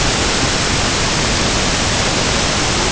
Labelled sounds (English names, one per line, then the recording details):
none
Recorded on Arctic tundra, site UTQI-5, on 21 June 2018
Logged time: 06:00